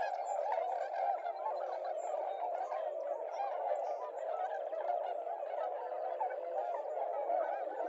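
Tundra swan flock giving a continuous babble of calls, many birds overlapping at once without a break.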